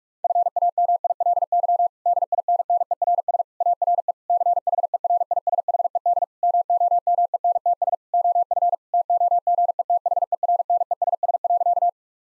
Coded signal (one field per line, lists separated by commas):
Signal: Morse code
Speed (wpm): 48 wpm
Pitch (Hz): 700 Hz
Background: none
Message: FAMILY DINNERS ARE CHERISHED MOMENTS OF TOGETHERNESS.